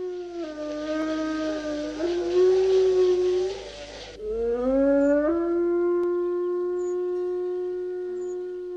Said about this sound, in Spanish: Que el lobo viva donde pueda y donde deba vivir, para que en las noches españolas no dejen de escucharse los hermosos aullidos del lobo.